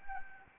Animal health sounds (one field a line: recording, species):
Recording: mosquito wingbeat signal from an infrared sensor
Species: Anopheles gambiae